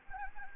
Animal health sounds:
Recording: mosquito wingbeat signal from an infrared sensor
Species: Anopheles gambiae

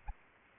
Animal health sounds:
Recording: mosquito wingbeat signal from an infrared sensor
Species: Aedes albopictus

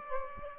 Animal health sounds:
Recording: mosquito wingbeat signal from an infrared sensor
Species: Aedes aegypti

